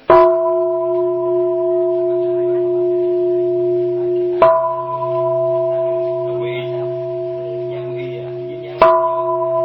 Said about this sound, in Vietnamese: Bây giờ quý vị lắng nghe này, đánh 3 tiếng chuông nè.